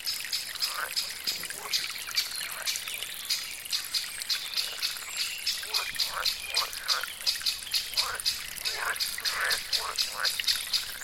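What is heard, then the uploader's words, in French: A brook trickles through a spring forest, a steady bright wash of running water. Small gurgles and splashes pop out several times a second in an irregular rhythm, while faint birdsong threads high above. The low end stays quiet. Cette forêt printanière, où coule un ruisseau apaisant.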